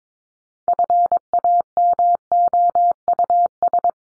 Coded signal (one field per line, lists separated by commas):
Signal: Morse code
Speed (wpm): 22 wpm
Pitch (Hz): 700 Hz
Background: none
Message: FAMOUS